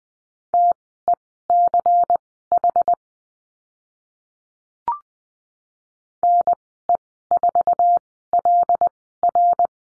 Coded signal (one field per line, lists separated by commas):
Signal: Morse code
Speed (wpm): 20 wpm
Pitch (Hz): 700 Hz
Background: none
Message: TECH NE4LR